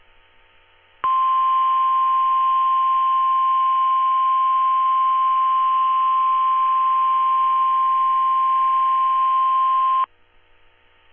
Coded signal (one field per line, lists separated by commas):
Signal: Emergency Alert System (SAME) tones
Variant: 1050 Hz attention tone